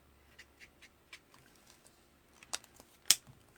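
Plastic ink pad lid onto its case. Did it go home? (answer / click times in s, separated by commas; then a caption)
yes / 3.1 s. A plastic ink pad lid is snapped shut onto its case after inking, preceded by a series of soft, light ticks and a sharper click around 2.5 s. A loud, crisp plastic snap at 3.1 s shows the lid is fully closed.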